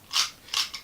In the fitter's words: It has its flaws, namely the torso doesn't lock in like